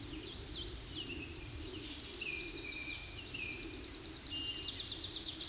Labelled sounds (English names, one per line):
Tennessee Warbler song